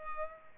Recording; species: mosquito wingbeat signal from an infrared sensor; Culex pipiens